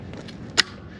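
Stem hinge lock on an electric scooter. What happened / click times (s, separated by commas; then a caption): The hinge lock snapped flush into place / 0.6 s. A stem hinge lock on an EMOVE Cruiser electric scooter is pushed in from its sticking-out, unlocked position until it sits flush in the metal hinge. After two faint taps, a sharp snap at 0.6 s marks the lock seating flush.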